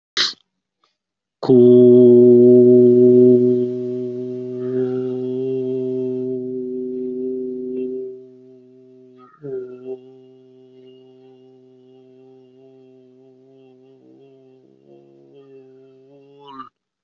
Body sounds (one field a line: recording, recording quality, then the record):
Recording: sustained vowel as in boot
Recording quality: excellent, no background noise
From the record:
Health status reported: COVID-19 positive, mild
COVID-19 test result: positive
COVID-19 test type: RT-PCR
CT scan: not taken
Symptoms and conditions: cough, cold, fever, fatigue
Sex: male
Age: 47 years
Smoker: no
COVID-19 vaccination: both doses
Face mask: worn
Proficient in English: yes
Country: India